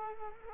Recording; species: mosquito wingbeat signal from an infrared sensor; Culex quinquefasciatus